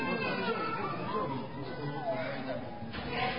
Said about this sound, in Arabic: الهدوء بالنسبة للأخوات، الهدوء، أسكتوا الأطفال.